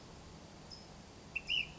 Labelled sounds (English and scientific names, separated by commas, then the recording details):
Ash-throated Flycatcher (Myiarchus cinerascens)
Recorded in Sonoma County, California